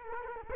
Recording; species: mosquito wingbeat signal from an infrared sensor; Culex quinquefasciatus